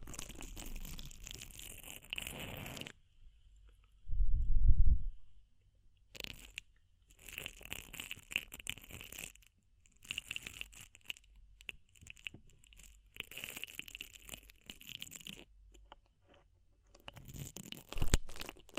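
Ear cleaning with crisp, crackling scrapes and rustles that come in short bursts and stop-start clusters, bright and scratchy throughout. A soft low thump rises around four to five seconds, and another swell comes near the end, with near-silent gaps between the scratching passages.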